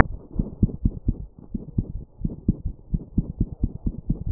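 Low-pitched heart sounds at about 87 beats a minute, heard by stethoscope over a dog's heart, with a continuous rumbling whoosh filling the gaps between beats instead of silence. This is a heart murmur, meaning turbulent blood flow within the heart.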